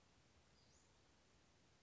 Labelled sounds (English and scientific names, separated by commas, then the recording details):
Western Flycatcher (Empidonax difficilis)
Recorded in Sonoma County, California